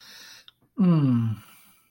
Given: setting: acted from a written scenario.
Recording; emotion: vocal sound without words; sympathy